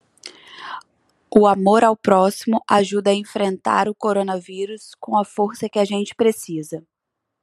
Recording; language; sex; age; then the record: spoken sentence; Brazilian Portuguese; female; 30 to 39 years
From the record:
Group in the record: control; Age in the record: 32 years